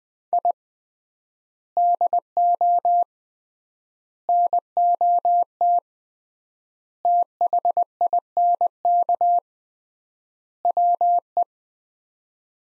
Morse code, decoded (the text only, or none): I DO NOT THINK WE